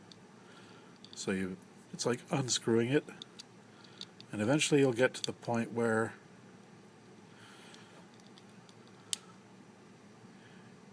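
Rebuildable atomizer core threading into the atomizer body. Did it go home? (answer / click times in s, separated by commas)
yes / 9.1 s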